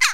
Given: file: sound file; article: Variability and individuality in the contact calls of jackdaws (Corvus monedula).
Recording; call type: jackdaw call; harmonic